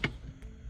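A custom black acrylic speaker grille with pressed aluminum mesh and recessed magnets is placed onto its mounting panel and snaps into place. A sharp, bright hit is heard at 0.0 s, followed by a much fainter tick at 0.4 s, and the grille is seated.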